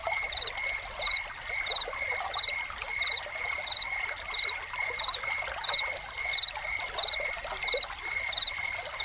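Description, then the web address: A cricket keeps up a regular series of short, high chirps over a constant thin tone, with water trickling steadily throughout. Crickets recorded together with a fountain. "Soundscapes Crickets and Fountain"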